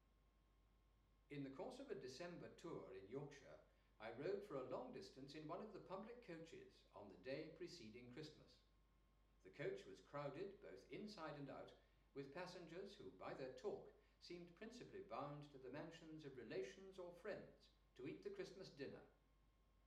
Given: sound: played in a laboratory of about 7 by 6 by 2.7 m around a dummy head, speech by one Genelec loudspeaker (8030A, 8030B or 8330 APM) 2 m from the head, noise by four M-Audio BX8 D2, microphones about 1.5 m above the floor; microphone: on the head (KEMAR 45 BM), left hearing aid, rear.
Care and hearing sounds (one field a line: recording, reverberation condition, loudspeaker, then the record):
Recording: male speech in English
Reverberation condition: medium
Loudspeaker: 60 degrees to the left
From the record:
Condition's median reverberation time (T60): about 510 ms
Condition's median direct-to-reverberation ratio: about -0.5 dB